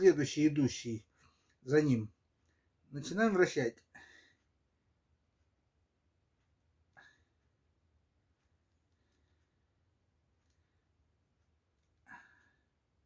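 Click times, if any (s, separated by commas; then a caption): 7.0 s. Someone talks, then turns the next code dial of a combination lock while keeping it under tension, and a short, quiet click at 7.0 s marks the dial catching and locking into position. Another faint tick follows near 12.1 s.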